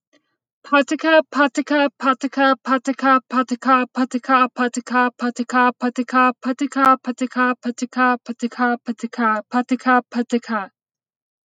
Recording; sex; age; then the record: repeated syllables /pa ta ka/; female; 30 to 39 years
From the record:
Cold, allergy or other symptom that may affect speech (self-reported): no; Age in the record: 36 years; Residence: Pennsylvania, United States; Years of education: 16